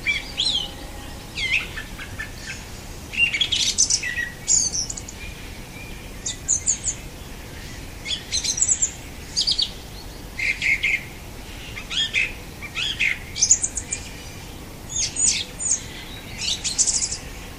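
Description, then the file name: Song thrush song of many brief, varied phrases of high chirps and whistles, delivered steadily with short pauses between them over low hiss. "Golosa ptic - Pevchij drozd"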